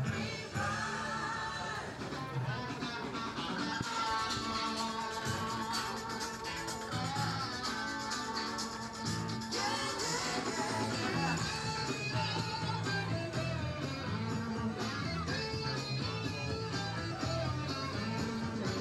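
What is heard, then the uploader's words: Loud, steady music fills a theme park walkway, with thumping bass notes, bright sustained tones and a constant hiss of crowd and cymbals. On this week's show we play audio from the Universal Studios Florida theme park. Listen as you hear us walk the park as we journey from attraction to attraction.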